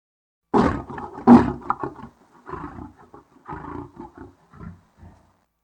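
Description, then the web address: Asiatic lion roaring: two loud, deep full roars followed by a series of shorter grunting roars that grow weaker and more spaced out. "lion asian"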